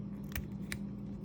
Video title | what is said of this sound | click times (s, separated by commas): How FireKing’s Medeco Lock Works | Hear it clip into place. | 0.4 s, 0.7 s